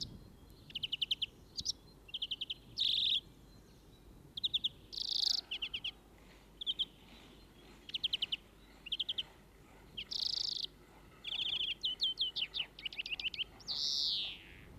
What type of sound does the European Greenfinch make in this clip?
song